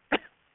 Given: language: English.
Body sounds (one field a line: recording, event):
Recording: throat vibration sensor signal played as sound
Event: cough